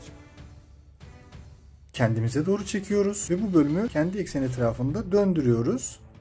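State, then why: Not seated. Someone talks over background music while the plastic engine cover section of a Blackmamba LS18 (Transformers MPM Jazz) transforming car figure is pulled back and rotated upward to fold over. There is a faint, brief sound at about 1.0 s during the quieter music before the talking starts at 2 s. Nothing has seated or clicked yet.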